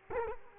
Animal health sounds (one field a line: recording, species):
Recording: mosquito wingbeat signal from an infrared sensor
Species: Culex quinquefasciatus